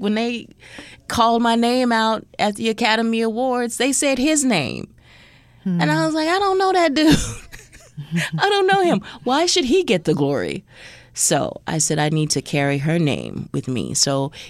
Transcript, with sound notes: Like, when they called my name out at the Academy Awards, they said his name. And I was like, I don't know that dude (laughter). I don't know him. Why should he get the glory? So I said, I need to carry her name with me